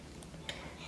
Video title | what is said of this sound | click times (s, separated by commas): $50 AMAZON BUDGET SMART WATCH * Apple Watch Alternative? HERO BAND III 2021 Version - DIY NINJA | there we go it just snaps right in and it is kind of easy to knock over and detach | 0.5 s